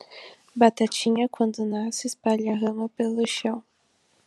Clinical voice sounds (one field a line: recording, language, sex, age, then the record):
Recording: short text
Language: Brazilian Portuguese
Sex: female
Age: 20 to 29 years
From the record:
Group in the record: control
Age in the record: 22 years